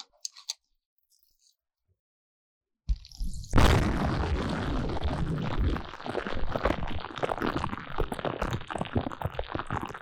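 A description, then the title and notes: Sparkling water fizzes. After a few small clicks and nearly three seconds of silence, a low thump gives way to a loud rush of bubbles near four seconds, then dense, crackling popping continues steadily to the end. 氣泡水入侵耳朵!! Ears in Sparkling Water.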